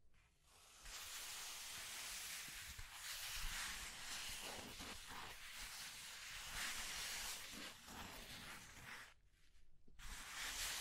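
Scratching and tracing sounds form a dense, steady hiss across most of the clip, with a short pause near nine seconds before the scraping resumes.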